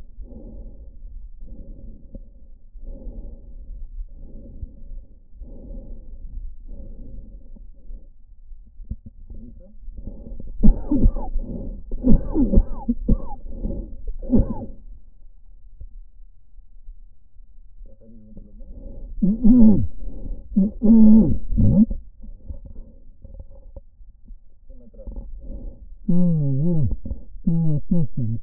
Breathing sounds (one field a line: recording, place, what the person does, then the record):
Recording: lung sounds by stethoscope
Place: right anterior apical chest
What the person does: quiet breathing, then cough and speech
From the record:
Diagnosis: COPD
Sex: male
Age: 75 years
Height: 182 cm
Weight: 98 kg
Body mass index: 29.6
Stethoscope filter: diaphragm mode